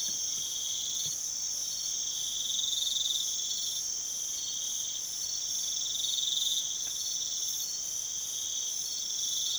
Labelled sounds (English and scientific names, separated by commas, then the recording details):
none
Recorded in pastures near Puerto Asís, Putumayo, Colombia, on 21 March 2025 at 04:30
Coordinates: 0.487, -76.322
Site G077